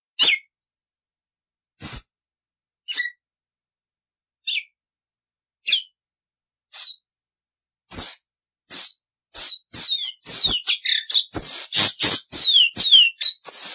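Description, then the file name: Seedeater song: it starts with sparse single whistled notes about a second apart, then speeds into a rapid run of descending whistled slurs and chips. "Caboclinho"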